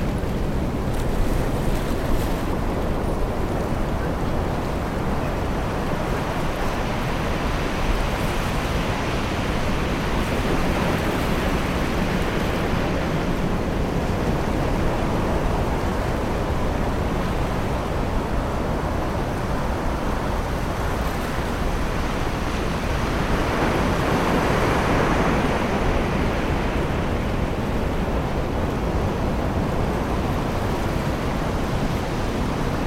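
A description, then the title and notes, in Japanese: Gentle waves and wind at a summer beach, heard from a distance as a steady, dense wash of sound. The roar stays low and even throughout, with soft swells rising briefly around ten and twenty-four seconds before settling back. 夏の静けさ、ビーチの眠りの音。遠くの波と風の優しい交響曲。夏の日のビーチの穏やかな音。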